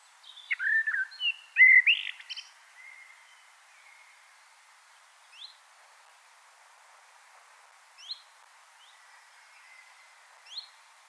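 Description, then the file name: Common blackbird sings a short warbling phrase with scratchy high notes, followed by a long pause broken only by a few faint, sharp high chips. "Turdus merula"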